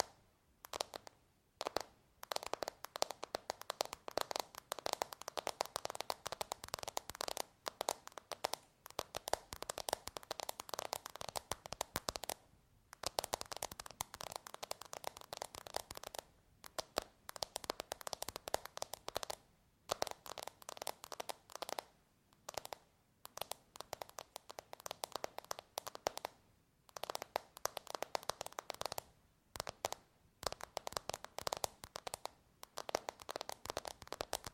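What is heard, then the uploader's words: Dense, rapid tapping with crisp, crackly clicks runs almost continuously, broken by brief silent gaps every few seconds, notably near 12, 16, 20 and 27 seconds. The sound is bright, with a scratchy, crunchy edge and no other background sounds. ASMR Tapping For Sleep 100% Tingles! (No Talking).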